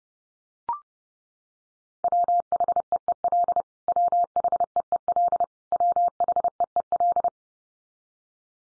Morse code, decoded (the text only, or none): WHEEL WHEEL WHEEL